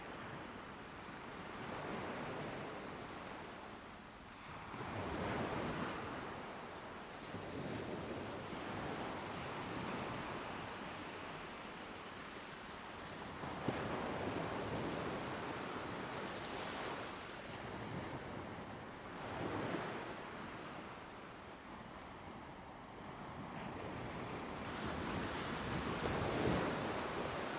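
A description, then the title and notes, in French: Ocean waves roll in with a gentle, lulling rhythm, each swell rising into a hissing wash roughly every three to five seconds before easing back. The surf sounds full, with a steady wind rumbling low underneath throughout. L'apaisante mélodie des vagues, une cadence qui berce.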